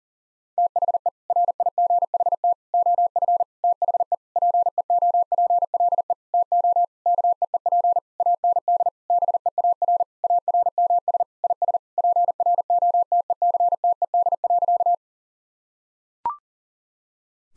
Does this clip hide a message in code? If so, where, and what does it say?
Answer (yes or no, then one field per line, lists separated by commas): yes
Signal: Morse code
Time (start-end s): 0.6-14.9 s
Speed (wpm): 40 wpm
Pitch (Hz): 700 Hz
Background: none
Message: THE RIGHT OF THE PEOPLE TO KEEP AND BEAR ARMS IS PROTECTED.